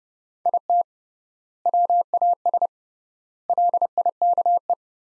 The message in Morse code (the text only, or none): IT WAS LIKE